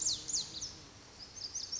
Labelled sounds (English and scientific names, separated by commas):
Lazuli Bunting (Passerina amoena)